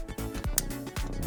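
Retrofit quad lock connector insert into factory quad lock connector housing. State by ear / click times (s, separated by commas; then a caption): seated / 0.6 s. A plastic BeamerTech quad lock connector insert from a CarPlay and Android Auto MMI Prime/PRO retrofit is lined up and pushed into the factory BMW quad lock connector housing of an F22. One sharp click at 0.6 s stands out over steady background music. The insert snaps into place and is seated.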